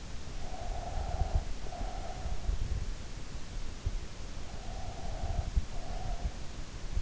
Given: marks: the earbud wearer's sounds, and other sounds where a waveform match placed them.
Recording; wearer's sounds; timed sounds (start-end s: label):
sounds in sleep by an in-ear microphone; breath
0.17-2.76 s: breath
4.24-7.02 s: breath